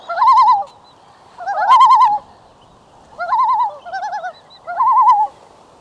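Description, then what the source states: Common Loon tremolo, a wavering, laughing quaver given in five bursts, clear and loud against a quiet background. Tremolo signals distress or alarm from territorial disputes or threats, also announces arrival at a lake, often in flight; only flight call, with three intensity levels of rising pitch matching distress.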